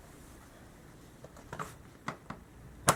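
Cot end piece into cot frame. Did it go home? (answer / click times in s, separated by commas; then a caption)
yes / 2.1 s, 2.9 s. The arched end piece of a folding cot is placed into the end of the cot frame and pressed home. After a few faint knocks and rustles, sharp snaps are heard at 2.1 s and 2.9 s, the second the loudest. The end piece is seated and secure in the frame.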